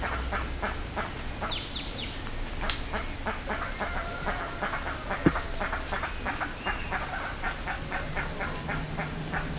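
Birds calling together, a busy run of short nasal notes with a few higher squeals, over a low rumbling background and one sharp click midway.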